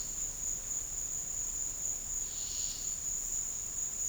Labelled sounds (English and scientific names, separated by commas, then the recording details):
none
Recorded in dense forest near Puerto Asís, Putumayo, Colombia, on 13 March 2025 at 14:30
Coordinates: 0.484, -76.325
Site G045